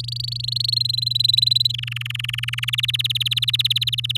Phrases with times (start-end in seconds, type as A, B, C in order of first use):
0.00-0.75 A, 0.76-1.72 B, 1.74-2.75 C, 2.78-4.17 D